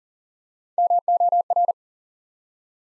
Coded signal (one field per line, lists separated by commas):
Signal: Morse code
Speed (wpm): 40 wpm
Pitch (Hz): 700 Hz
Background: none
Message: MOR